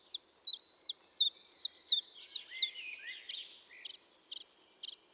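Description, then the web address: Common chiffchaff giving a run of high, clipped downslurred notes, evenly spaced at first, then overlapping with fainter similar notes and a soft background hiss. Recorded at Valsolda. "cibra valsolda - Lui piccolo"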